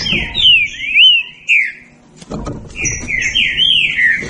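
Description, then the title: Green-winged saltator giving two short bouts of warbled, slurred whistles separated by a brief pause. Birds singing against each other in a song dispute. "Trinca Ferro Nicao"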